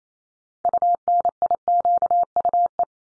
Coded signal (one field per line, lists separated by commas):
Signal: Morse code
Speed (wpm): 28 wpm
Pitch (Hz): 700 Hz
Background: none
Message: UNIQUE